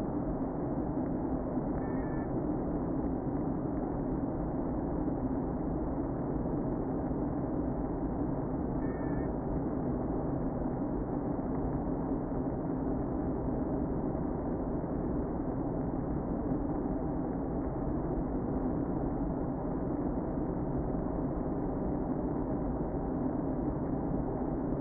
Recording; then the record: honeybee colony, microphone inside the hive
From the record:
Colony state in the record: queen present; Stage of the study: before two queens were removed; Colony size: about 60,000 bees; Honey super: yes